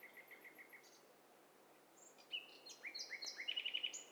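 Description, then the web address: Birds calling over one another: faint rhythmic chirps at first, then from about two seconds a dense overlap of whistled notes, trills and rapid repeated chirps. Overlapping mix of several birds singing together, recorded in stereo. "Hi Fi STEREO BIRD COCKTAIL PARTY Challenge SBCP TESTSET HDBird Cocktail Party"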